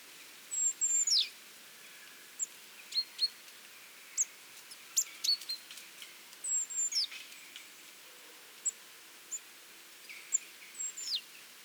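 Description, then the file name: Great tit calls: thin, very high whistled notes, several sweeping sharply downward, repeated irregularly throughout with soft short chips between. "Parus major"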